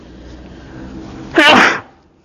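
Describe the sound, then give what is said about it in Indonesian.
A single sharp sneeze bursts out loudly over a low background hum, a quick harsh rush of breath that fades within half a second. “Yahdikumullah wa yuslih balakum.”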